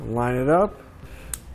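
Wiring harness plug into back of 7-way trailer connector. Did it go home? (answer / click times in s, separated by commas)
yes / 1.3 s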